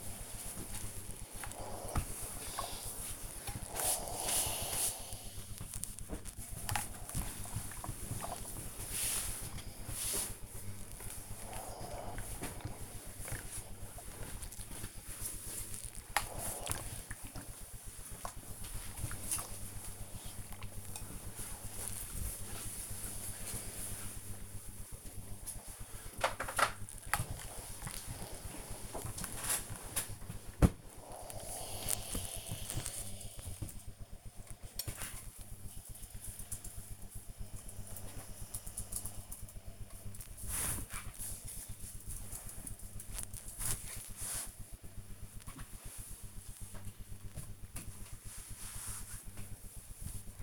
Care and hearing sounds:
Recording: household activities, microphone on the right wrist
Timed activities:
0.00-34.41 s: ironing laundry
39.44-46.49 s: folding laundry

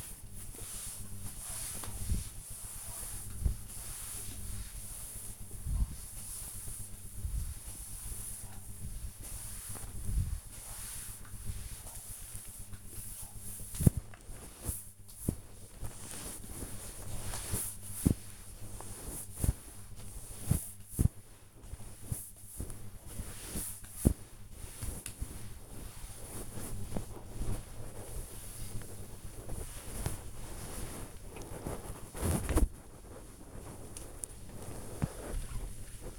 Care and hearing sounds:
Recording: household activities, microphone on the right wrist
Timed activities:
0.00-36.19 s: floor cleaning

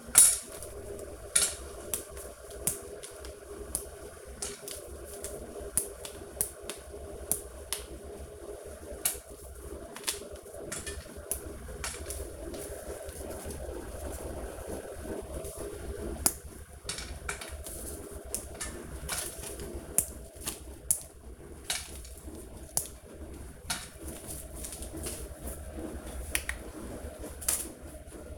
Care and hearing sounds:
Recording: household activities, microphone on the right wrist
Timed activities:
0.00-28.38 s: baking

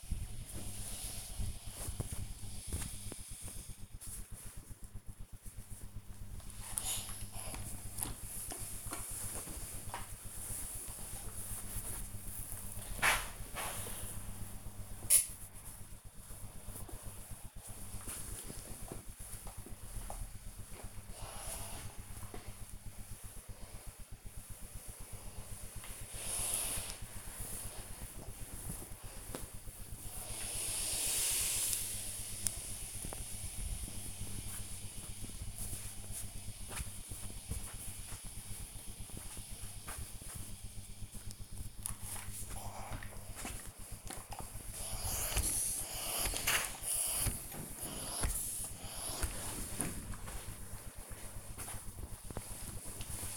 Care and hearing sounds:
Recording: household activities, microphone on the right wrist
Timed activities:
0.00-53.37 s: ironing laundry

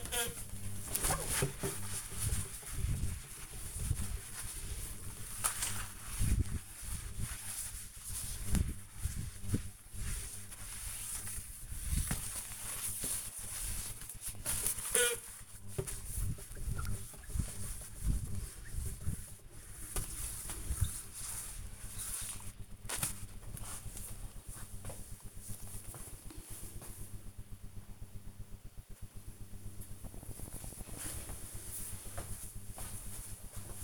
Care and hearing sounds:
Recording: household activities, microphone on the right wrist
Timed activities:
0.00-22.96 s: window cleaning

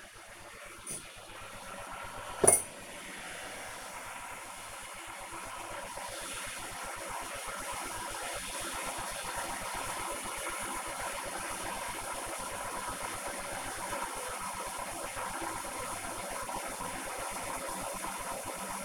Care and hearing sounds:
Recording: household activities, microphone on the right wrist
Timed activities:
0.00-18.85 s: making tea

